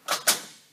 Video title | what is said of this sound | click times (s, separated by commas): Funeral Home Cot Training | you hear the click so it's down to that position | 0.3 s